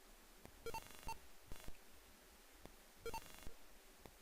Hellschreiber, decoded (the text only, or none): none